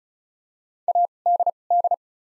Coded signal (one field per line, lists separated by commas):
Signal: Morse code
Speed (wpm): 36 wpm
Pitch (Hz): 700 Hz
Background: none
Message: ADD